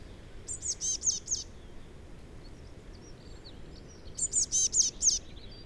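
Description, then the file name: Eurasian blue tit giving two bursts of four to five high, piercing notes separated by a pause, with soft chirps and steady low background noise. "Cyanistes caeruleus"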